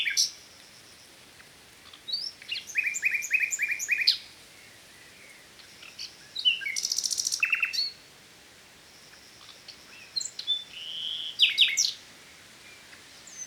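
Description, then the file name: Common nightingale singing phrases of repeated notes and whistles, including a dense buzzy trill, with quiet gaps between. "Luscinia megarhynchos"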